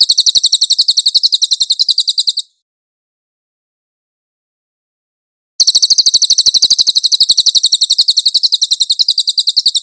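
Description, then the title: Cililin trilling: a quick, shrill, evenly pulsed trill that breaks off, falls silent for about three seconds, then resumes just as fast. Master (tutor) song of the cililin, clear audio. "MASTER SANGAT BAGUS SUARA BURUNG CILILIN, AUDIO JERNIH"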